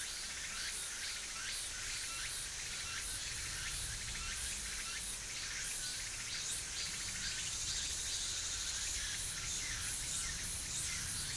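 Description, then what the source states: Insects chirping in dense, fast pulsed bursts high in pitch, forming a continuous shimmering chorus over hiss and faint low rumble. Mainly insect sounds.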